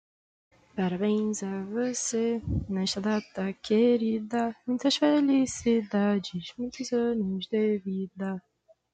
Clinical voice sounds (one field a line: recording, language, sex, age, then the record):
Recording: short text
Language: Brazilian Portuguese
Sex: female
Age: 20 to 29 years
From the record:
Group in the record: control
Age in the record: 27 years